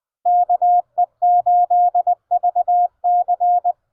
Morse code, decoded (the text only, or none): KE8VC